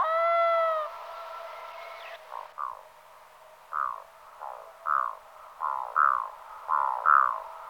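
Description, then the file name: Black-throated loon opens with a brief harmonic wail, then gives a loose series of short, throaty notes about once a second. "Potaplice severni Gavia arctica"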